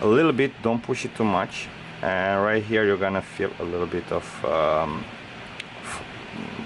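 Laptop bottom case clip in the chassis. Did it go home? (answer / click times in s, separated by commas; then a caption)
released / 5.6 s. A tool is inserted in the gap at the side of the aluminium bottom case of a 15-inch mid-2017 MacBook Pro (A1707 Touch Bar version), and the case is lifted to open it for a logic board replacement. Someone talks over the work, then a short, sharp click at 5.6 s marks the bottom case's internal clip releasing from the chassis.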